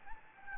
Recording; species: mosquito wingbeat signal from an infrared sensor; Anopheles gambiae